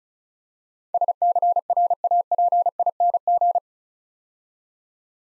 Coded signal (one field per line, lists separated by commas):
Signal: Morse code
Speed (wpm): 36 wpm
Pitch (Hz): 700 Hz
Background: none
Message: SCRAPING